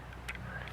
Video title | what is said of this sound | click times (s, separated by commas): Hasbro Transformers Combiner Wars Offroad Review | and snaps into place it's easier to do once the arms are in place | 0.3 s